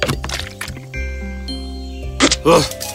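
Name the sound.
drinking water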